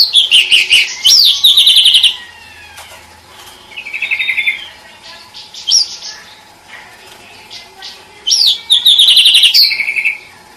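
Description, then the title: Bird song in loud bursts of rapid chirps and sweeping whistles near the start and end, with a softer trilled phrase and short notes between quieter gaps. Training song (masteran) for cage birds. "Burung"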